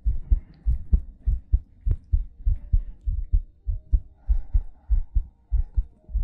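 A close-up adult heartbeat at about 98 beats per minute, with soft breathing in the background, in an ASMR style.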